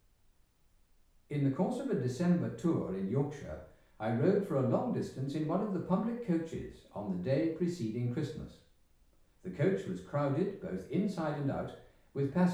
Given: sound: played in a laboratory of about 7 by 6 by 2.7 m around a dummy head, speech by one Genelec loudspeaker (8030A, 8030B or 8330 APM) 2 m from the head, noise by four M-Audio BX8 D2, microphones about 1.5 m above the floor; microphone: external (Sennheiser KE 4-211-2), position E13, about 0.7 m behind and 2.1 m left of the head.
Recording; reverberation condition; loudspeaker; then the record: male speech in English; medium; 60 degrees to the left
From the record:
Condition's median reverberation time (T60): about 510 ms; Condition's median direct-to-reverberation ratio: about -0.5 dB